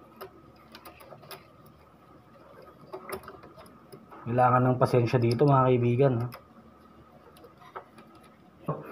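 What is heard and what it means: A print head flex cable is worked into its board connector on an Epson L3110/L3210 printer, with light scattered ticks and taps as the cable is pulled and positioned. Someone talks in the middle of the clip. Nothing has locked or clicked yet, since the connector lock has not been closed.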